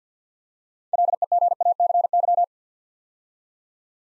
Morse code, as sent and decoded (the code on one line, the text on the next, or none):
.-.. . --. .- -.-. -.--
LEGACY